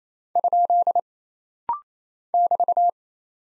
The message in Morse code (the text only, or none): ? <BT>